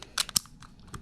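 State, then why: Seated. A magazine is inserted into the grip of a Ruger SR22P .22 pistol. Several short clicks and scrapes are heard, and the loudest sharp click at 0.4 s marks the magazine catch engaging. The magazine seats in the well.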